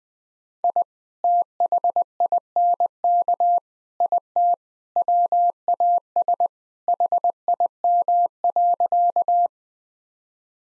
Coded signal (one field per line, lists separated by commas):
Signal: Morse code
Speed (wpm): 20 wpm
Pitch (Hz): 700 Hz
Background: none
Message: I THINK IT WAS HIM.